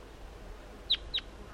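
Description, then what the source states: Crossbill calls: two sharp, high chip notes sweeping downward, about a quarter second apart, against quiet background hiss. Wild bird, near a net site by a creek with pitch pine, white pine and deciduous trees.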